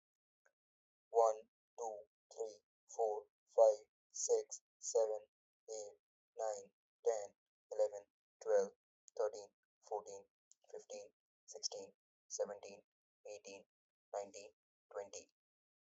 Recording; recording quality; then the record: counting at a normal pace; excellent, no background noise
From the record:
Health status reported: healthy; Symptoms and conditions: none ticked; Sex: male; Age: 29 years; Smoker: not ticked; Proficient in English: yes